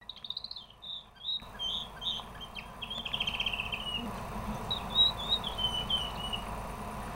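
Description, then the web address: Canary song with high sliding whistles, then a fast rattling trill and more warbled notes; steady low hum underneath throughout. Pet canary, the owner's own recorded sample. "lemmikit kanarialintu kanaria oma"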